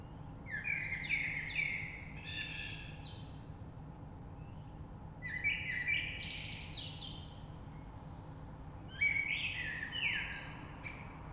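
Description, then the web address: Common blackbird song in three bursts, rich whistled openings quickly breaking into strained, scratchy high chatter, with quiet pauses between phrases and low background noise. Recorded 3 March 2020. "oiseaux Rush Merle 3-3-2020"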